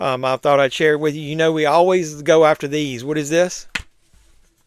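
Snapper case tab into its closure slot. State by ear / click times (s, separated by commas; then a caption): not seated / none. Someone talks while handling a snapper-style DVD case, with its paper-board tab near its closure slot, as music plays underneath. The speech stops at about 3.5 seconds, followed by a brief handling noise near 3.8 seconds and then near silence. Nothing has seated or clicked yet.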